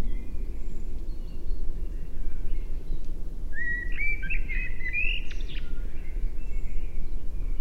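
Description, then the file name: Common blackbird producing one short, fluty phrase of sliding whistles ending in a higher twitter, over a steady low rumble. "Turdus merula"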